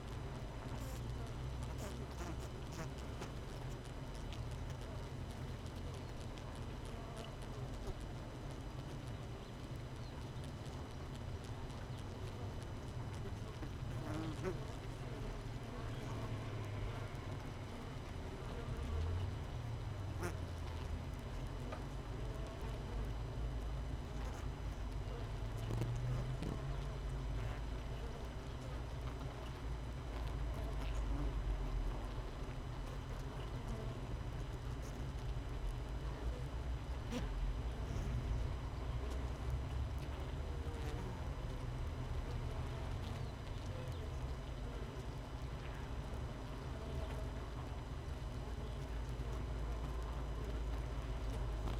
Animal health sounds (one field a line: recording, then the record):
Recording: honeybee colony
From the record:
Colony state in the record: missing queen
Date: 31 May 2018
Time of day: 7:08